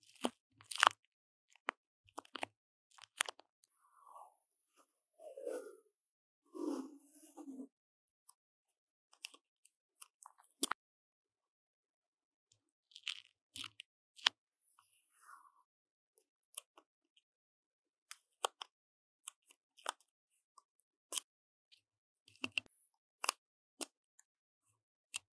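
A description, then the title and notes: Paper tape being handled around a microphone: sharp crinkly snaps and taps, a few soft rubbing tearing sounds early on, then sparse crisp clicks. 用紙膠帶裝飾雪怪MIC| Paper tape decorating the sound of the MIC | NoTalking.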